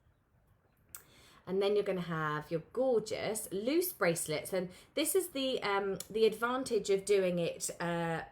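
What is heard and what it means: A bracelet strand end is fitted into a multi-strand jewelry clasp and pops into place with a sharp click at 0.9 s. After it, someone talks.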